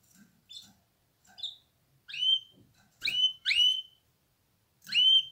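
Canary calls, scattered upswept whistled notes, some doubled, separated by irregular pauses, with light soft knocks in the background.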